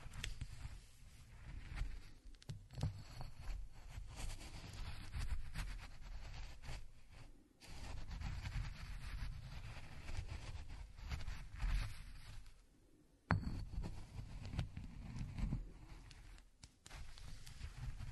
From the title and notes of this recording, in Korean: 호두를 직접 갈아보겠습니다. 손으로 직접 갈아먹는 호두.